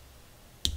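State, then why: Seated. The last tab of a steel spiral lock (wrist pin retainer) on a Chrysler 250 marine engine's piston and rod assembly is pried under the edge and popped into its groove in the aluminum piston's pin bore. After a quiet stretch, a single sharp, bright click sounds at 0.65 s, followed by a low rumble. The spiral lock is seated in the piston groove.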